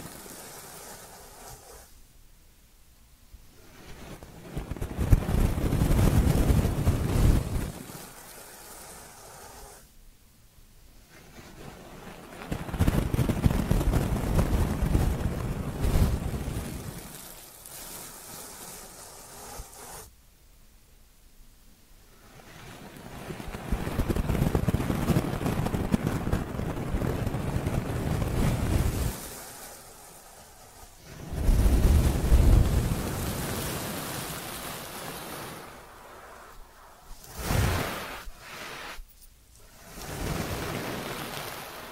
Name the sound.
Ear Cleaning Triggers